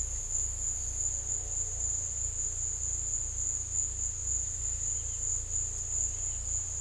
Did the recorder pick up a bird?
no